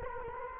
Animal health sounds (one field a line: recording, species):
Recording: mosquito wingbeat signal from an infrared sensor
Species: Culex quinquefasciatus